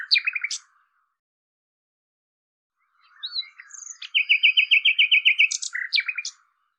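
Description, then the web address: Common nightingale song: a short burst of clipped notes, a pause, then a whistle leading into a fast, regular trill of repeated notes. "cianscape birddata Deverinetal 2025"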